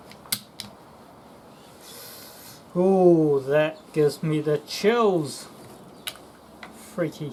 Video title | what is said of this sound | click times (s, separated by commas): Jag 2 Crossbow | and then you gently pull up until you hear a click. Ooh, | 0.3 s